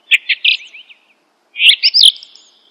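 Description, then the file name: Bird song: two short bursts of bright, chirpy notes, a rapid stuttering run and then, after a pause, a twittering phrase with a sharp high accent. "burungasing"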